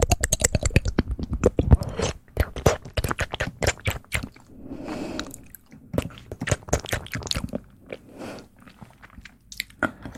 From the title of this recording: ASMR Soft Mouth Sounds